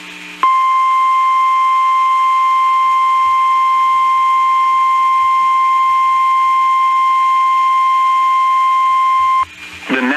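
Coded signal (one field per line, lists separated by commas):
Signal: Emergency Alert System (SAME) tones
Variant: 1050 Hz attention tone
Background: speech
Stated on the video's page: Real EAS tones for severe thunderstorm alerts from Texas NOAA Weather Radio stations, captured via Internet streams.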